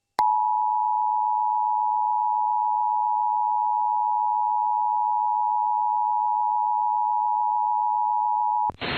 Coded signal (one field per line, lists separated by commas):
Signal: Emergency Alert System (SAME) tones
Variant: 853 and 960 Hz attention tone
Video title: [Part 1] Alerts from 4/6/23 - 6/14/23 [EAS #367-399]